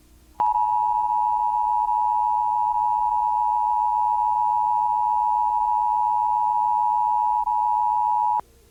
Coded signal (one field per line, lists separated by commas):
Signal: Emergency Alert System (SAME) tones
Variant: 853 and 960 Hz attention tone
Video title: Comcast Emergency Alert System - Tornado Warning (April 1, 2023; 6:01pm)